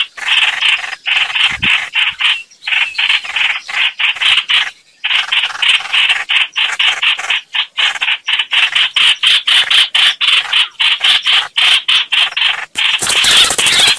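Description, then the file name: Bird chattering in a long run of rough, buzzy notes repeated about four times a second, ending in a burst of broad hissing noise. "Tieng chim hoanh hoach"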